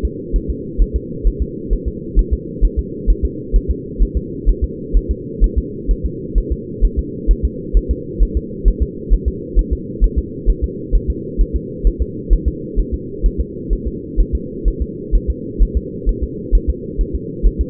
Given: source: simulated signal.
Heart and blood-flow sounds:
fetal heart sounds
0.05 s: S2
0.36 s: S1
0.50 s: S2
0.82 s: S1
0.96 s: S2
1.27 s: S1
1.42 s: S2
1.73 s: S1
1.88 s: S2
2.19 s: S1
2.33 s: S2
2.65 s: S1
2.79 s: S2
3.10 s: S1
3.25 s: S2
3.56 s: S1
3.71 s: S2
4.03 s: S1
4.17 s: S2
4.49 s: S1
4.64 s: S2
4.97 s: S1
5.11 s: S2
5.44 s: S1
5.58 s: S2
5.91 s: S1
6.06 s: S2
6.38 s: S1
6.52 s: S2
6.84 s: S1
6.99 s: S2
7.31 s: S1
7.45 s: S2
7.77 s: S1
7.91 s: S2
8.22 s: S1
8.37 s: S2
8.68 s: S1
8.83 s: S2
9.13 s: S1
9.28 s: S2
9.59 s: S1
9.73 s: S2
10.04 s: S1
10.19 s: S2
10.50 s: S1
10.64 s: S2
10.95 s: S1
11.10 s: S2
11.41 s: S1
11.56 s: S2
11.87 s: S1
12.02 s: S2
12.33 s: S1
12.48 s: S2
12.79 s: S1
12.94 s: S2
13.26 s: S1
13.40 s: S2
13.73 s: S1
13.87 s: S2
14.20 s: S1
14.35 s: S2
14.68 s: S1
14.82 s: S2
15.15 s: S1
15.30 s: S2
15.62 s: S1
15.77 s: S2
16.09 s: S1
16.23 s: S2
16.55 s: S1
16.70 s: S2
17.01 s: S1
17.15 s: S2
17.47 s: S1
17.61 s: S2
From the record:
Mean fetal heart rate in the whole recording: 130 bpm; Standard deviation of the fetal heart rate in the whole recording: 2 bpm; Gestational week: 36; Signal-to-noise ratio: -4.1 dB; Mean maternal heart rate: no maternal heart sound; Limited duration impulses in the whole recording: absent

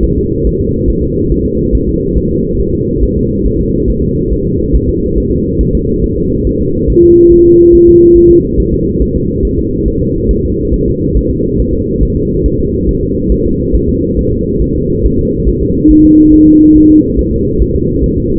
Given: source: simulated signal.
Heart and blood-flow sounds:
fetal heart sounds
0.04 s: S1
0.18 s: S2
0.47 s: S1
0.61 s: S2
0.90 s: S1
1.04 s: S2
1.32 s: S1
1.46 s: S2
1.75 s: S1
1.89 s: S2
2.18 s: S1
2.31 s: S2
2.60 s: S1
2.74 s: S2
3.04 s: S1
3.18 s: S2
3.47 s: S1
3.61 s: S2
3.90 s: S1
4.04 s: S2
4.33 s: S1
4.47 s: S2
4.75 s: S1
4.89 s: S2
5.18 s: S1
5.32 s: S2
5.61 s: S1
5.75 s: S2
6.04 s: S1
6.18 s: S2
6.47 s: S1
6.61 s: S2
6.90 s: S1
7.04 s: S2
7.32 s: S1
7.46 s: S2
7.75 s: S1
7.89 s: S2
8.17 s: S1
8.31 s: S2
8.60 s: S1
8.74 s: S2
9.02 s: S1
9.16 s: S2
9.45 s: S1
9.59 s: S2
9.88 s: S1
10.02 s: S2
10.31 s: S1
10.45 s: S2
10.74 s: S1
10.88 s: S2
11.17 s: S1
11.31 s: S2
11.60 s: S1
11.74 s: S2
12.03 s: S1
12.17 s: S2
12.46 s: S1
12.60 s: S2
12.89 s: S1
13.03 s: S2
13.32 s: S1
13.46 s: S2
13.75 s: S1
13.89 s: S2
14.19 s: S1
14.33 s: S2
14.62 s: S1
14.76 s: S2
15.06 s: S1
15.19 s: S2
15.49 s: S1
15.62 s: S2
15.91 s: S1
16.05 s: S2
16.34 s: S1
16.48 s: S2
16.76 s: S1
16.90 s: S2
17.19 s: S1
17.33 s: S2
17.62 s: S1
17.76 s: S2
18.04 s: S1
18.18 s: S2
From the record:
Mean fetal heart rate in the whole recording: 140 bpm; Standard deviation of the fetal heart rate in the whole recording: 2 bpm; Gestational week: 34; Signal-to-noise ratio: -10.2 dB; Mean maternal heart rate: 72 bpm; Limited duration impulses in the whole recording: present

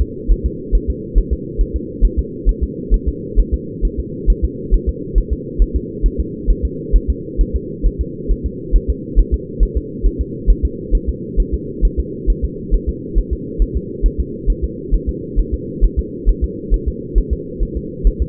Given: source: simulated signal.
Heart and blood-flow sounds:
fetal heart sounds
0.02 s: S2
0.31 s: S1
0.46 s: S2
0.75 s: S1
0.90 s: S2
1.18 s: S1
1.33 s: S2
1.61 s: S1
1.76 s: S2
2.05 s: S1
2.19 s: S2
2.49 s: S1
2.63 s: S2
2.94 s: S1
3.09 s: S2
3.40 s: S1
3.54 s: S2
3.85 s: S1
4.00 s: S2
4.30 s: S1
4.44 s: S2
4.74 s: S1
4.89 s: S2
5.18 s: S1
5.33 s: S2
5.62 s: S1
5.76 s: S2
6.06 s: S1
6.20 s: S2
6.50 s: S1
6.65 s: S2
6.96 s: S1
7.10 s: S2
7.41 s: S1
7.56 s: S2
7.87 s: S1
8.01 s: S2
8.31 s: S1
8.46 s: S2
8.76 s: S1
8.90 s: S2
9.19 s: S1
9.34 s: S2
9.63 s: S1
9.77 s: S2
10.06 s: S1
10.21 s: S2
10.50 s: S1
10.65 s: S2
10.95 s: S1
11.09 s: S2
11.40 s: S1
11.54 s: S2
11.85 s: S1
12.00 s: S2
12.30 s: S1
12.44 s: S2
12.75 s: S1
12.89 s: S2
13.18 s: S1
13.33 s: S2
13.62 s: S1
13.77 s: S2
14.06 s: S1
14.20 s: S2
14.50 s: S1
14.64 s: S2
14.94 s: S1
15.09 s: S2
15.39 s: S1
15.54 s: S2
15.84 s: S1
15.99 s: S2
16.29 s: S1
16.44 s: S2
16.74 s: S1
16.88 s: S2
17.18 s: S1
17.33 s: S2
17.63 s: S1
17.77 s: S2
18.07 s: S1
18.22 s: S2
From the record:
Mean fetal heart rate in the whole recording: 135 bpm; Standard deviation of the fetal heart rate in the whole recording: 3 bpm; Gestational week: 36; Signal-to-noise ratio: -4.1 dB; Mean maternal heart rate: no maternal heart sound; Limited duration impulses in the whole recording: absent

